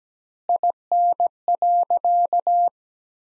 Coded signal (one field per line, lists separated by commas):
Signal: Morse code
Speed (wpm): 17 wpm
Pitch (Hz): 700 Hz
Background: none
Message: IN.